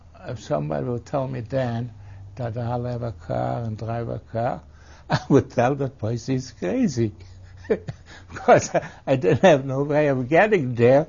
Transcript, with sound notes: if somebody would tell me then that I'll have a car and drive a car I would tell the person he's crazy. ( he laughs ) I just had no way of getting there,